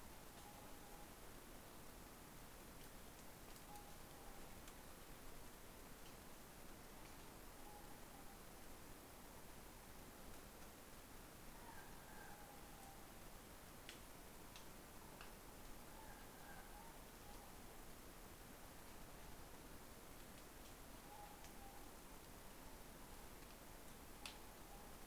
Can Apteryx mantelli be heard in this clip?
no